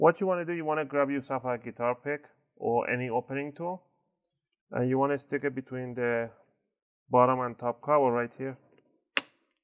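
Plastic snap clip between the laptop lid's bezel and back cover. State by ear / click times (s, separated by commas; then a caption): released / 9.2 s. Someone talks while a guitar pick is wedged between the bottom and top plastic covers of an Acer Aspire 5 A515 laptop lid and twisted outward. A single sharp click at 9.2 s marks the plastic snap clip between the lid's bezel and back cover popping open and releasing.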